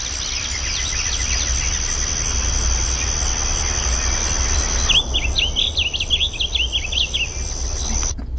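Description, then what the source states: Blue grosbeak song: a quick, jumbled warbling phrase of a little over two seconds, bursting in halfway through after faint high notes, over a low steady hum and hiss. Played on the radio; a beautiful little song.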